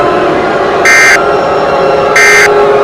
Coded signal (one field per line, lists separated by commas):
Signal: Emergency Alert System (SAME) tones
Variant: end-of-message bursts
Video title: Eas Scenario #2 Raiden Shogun